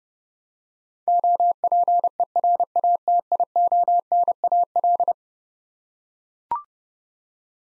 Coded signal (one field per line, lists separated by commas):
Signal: Morse code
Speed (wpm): 30 wpm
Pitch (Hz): 700 Hz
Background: none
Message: OPERATIONAL